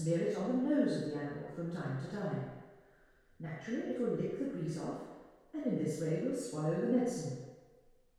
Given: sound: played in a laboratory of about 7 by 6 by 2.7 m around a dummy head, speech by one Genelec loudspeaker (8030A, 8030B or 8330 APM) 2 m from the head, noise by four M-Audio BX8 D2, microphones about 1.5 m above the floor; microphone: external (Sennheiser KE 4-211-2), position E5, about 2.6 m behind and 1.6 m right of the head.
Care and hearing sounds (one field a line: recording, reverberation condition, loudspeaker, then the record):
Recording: female speech in English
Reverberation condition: high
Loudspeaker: 150 degrees to the right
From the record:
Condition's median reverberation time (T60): about 1300 ms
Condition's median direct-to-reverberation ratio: about -4.0 dB